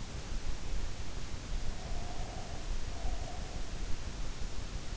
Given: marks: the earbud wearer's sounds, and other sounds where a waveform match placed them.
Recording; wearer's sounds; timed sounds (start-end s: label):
sounds in sleep by an in-ear microphone; breath
1.74-3.73 s: breath